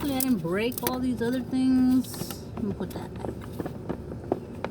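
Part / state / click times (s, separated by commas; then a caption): electrical connector onto the coolant flange/temperature sensor / seated / 4.3 s, 4.6 s. While reassembling the coolant flange area of a 2005 VW Beetle, an electrical connector is pushed back onto its plastic fitting at the coolant flange temperature sensor as someone talks. Small sharp clicks are heard at 4.3 s and 4.6 s as the connector seats.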